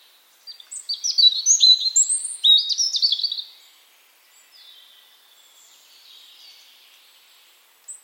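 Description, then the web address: European robin delivering a quick sequence of high, sweet warbled notes and descending slurs, followed by quiet with faint thin whistles before a brief note at the end. "Deverinetal 2025 File origin Bird Only Er Ru"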